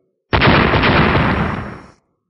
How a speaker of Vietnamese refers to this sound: Trong nháy mắt, quang đoàn màu vàng cực lớn va chạm với cái mảnh tinh không, giống như khối thiên thạch đập vào cái chỗ màn sáng tinh không, phát ra trên trường côn màu đen, phát ra một tiếng nổ mạnh rung trời.